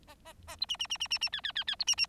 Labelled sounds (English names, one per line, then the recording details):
Bengalese Finch song
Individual Bird4